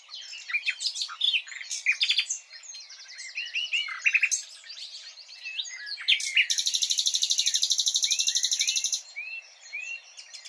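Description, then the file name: Common nightingale singing: varied chirps and whistled slurs, then a long, loud, fast trill of repeated notes, ending with soft upslurred whistles. "Luscinia megarhynchos"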